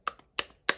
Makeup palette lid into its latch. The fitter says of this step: it doesn't latch. It didn't make it even to my house.